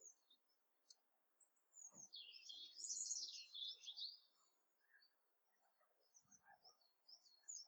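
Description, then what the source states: Birds chirping: scattered high chirps, then a dense burst of fast twittering in the middle, fading back to sparse chirps. January morning.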